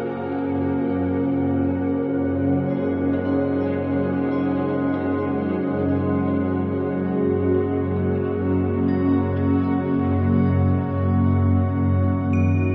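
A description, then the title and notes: Tibetan bowls ring together in a thick, steady drone of low humming tones with a slow pulsing waver. The sound holds at an even level throughout, with faint bright overtones above and a small high ping near the end. 741Hz. Healing with Tibetan bowls.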